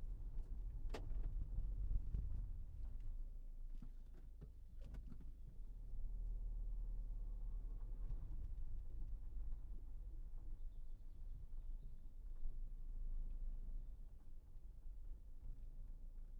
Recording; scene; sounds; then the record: everyday scene through a hearing-aid microphone; in a vehicle; engine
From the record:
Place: Berlingo II, diesel engine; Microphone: behind the ear, right, front